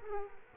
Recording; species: mosquito wingbeat signal from an infrared sensor; Culex quinquefasciatus